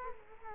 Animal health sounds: mosquito wingbeat signal from an infrared sensor; Culex quinquefasciatus

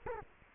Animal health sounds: mosquito wingbeat signal from an infrared sensor; Culex quinquefasciatus

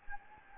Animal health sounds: mosquito wingbeat signal from an infrared sensor; Anopheles gambiae

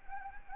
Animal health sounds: mosquito wingbeat signal from an infrared sensor; Anopheles arabiensis

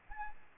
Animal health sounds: mosquito wingbeat signal from an infrared sensor; Aedes albopictus

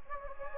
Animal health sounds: mosquito wingbeat signal from an infrared sensor; Anopheles gambiae

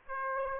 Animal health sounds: mosquito wingbeat signal from an infrared sensor; Aedes aegypti

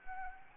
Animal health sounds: mosquito wingbeat signal from an infrared sensor; Anopheles arabiensis

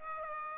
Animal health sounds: mosquito wingbeat signal from an infrared sensor; Aedes aegypti

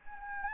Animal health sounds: mosquito wingbeat signal from an infrared sensor; Anopheles gambiae

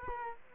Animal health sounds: mosquito wingbeat signal from an infrared sensor; Culex quinquefasciatus

